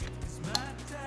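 An accessory controller plug (HEX EzCan) is being handled at the diagnostic port cable connector in the battery compartment of a 2021 KTM Super Adventure S motorcycle, during an install of Denali S4 pod lights. Low steady hum and faint plastic handling sounds are heard, with a brief sharp transient near 0.6 s. The plastic connector has not yet seated or clicked in.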